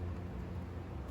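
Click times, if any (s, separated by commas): none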